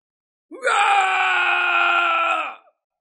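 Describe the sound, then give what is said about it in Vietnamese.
An old man whose body is burning in flames lets out a single sustained, anguished howling scream lasting about two seconds, loud and steady in pitch with a strained, rough edge before cutting off. “Lão gầm thét một cách thê lương, nói: đây là ngũ hành chân quả trong truyền thuyết.”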